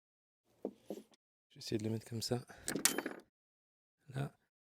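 A solar panel cable connector is being handled and lined up with the micro-inverter's mating connector while someone talks, with a few short handling knocks. Nothing has seated or clicked yet.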